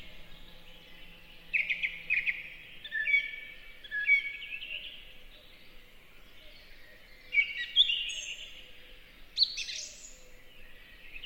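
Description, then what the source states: Song thrush producing a run of warbled whistles and then higher, sharper notes, separated by brief pauses. Beautiful, peaceful, relaxing song in a spring forest.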